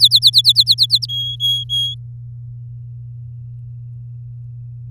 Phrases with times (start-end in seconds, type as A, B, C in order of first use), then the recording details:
0.00-1.06 A, 1.08-1.94 B. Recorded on 7 May 2018 at 16:57. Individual llb16